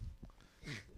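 A single small, quiet sneeze from an adult: a faint breath catch followed by a brief soft hissing burst, with no loud explosive release. A normal, harmless sneeze, delicate enough to be likened to a baby panda's.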